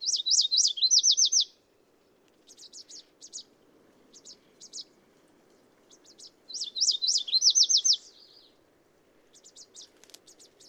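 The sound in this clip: Bird delivering two strong, rapidly repeated rising-falling trilled phrases about six seconds apart, with soft clicking chips between them and a faint low rumble.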